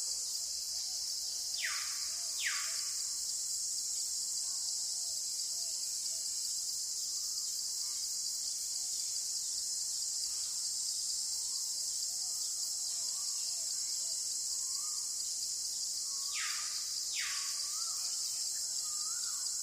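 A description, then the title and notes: Forest sound: a steady, bright insect drone runs throughout, with a few quick bird chirps near the start and again around seventeen seconds. Sound in the forest.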